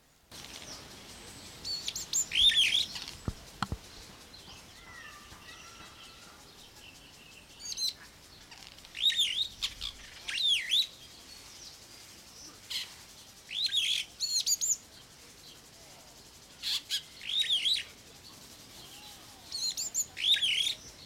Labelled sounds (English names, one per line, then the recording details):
Superb Starling
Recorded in captivity
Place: Zoo Berlin, Berlin, DE
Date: 1992-06-06 11:39
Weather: sonnig, 24-28° C
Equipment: Nagra SN, Mikrofon AKG CK 8, Kopie Tesla B 116
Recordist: Tembrock, Günter